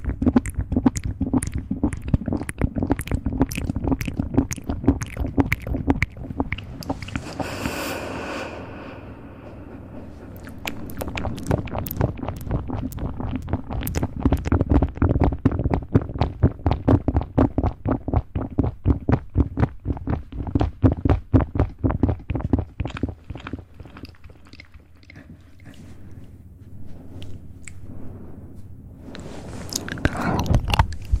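Rapid mouth sounds, wet clicks and smacks fire in dense, fast bursts over a low, muffled rumble. A brief airy hiss cuts in around eight seconds, the clicking thins out near twenty-five seconds, then it sharpens again before a breathy finish.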